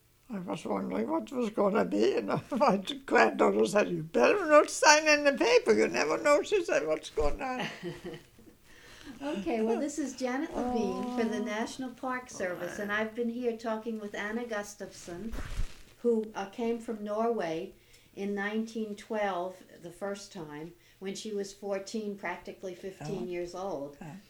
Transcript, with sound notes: I was wondering what it was going to be, and my granddaughter said, "You'd better not sign any paper. You never know," she said, "what's going on."
( she laughs ) Okay. Well, this is Janet Levine for the National Park Service, and I've been here talking with Anna Gustavson, who came from Norway in 1912 the first time when she was fourteen, practically fifteen years old.